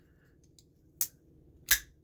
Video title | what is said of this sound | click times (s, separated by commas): WE Banter 2 Knife Review 🔪 | it's got that click, that snap open, | 1.0 s